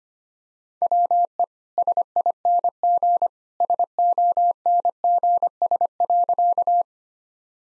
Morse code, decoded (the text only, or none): WE SING SONGS.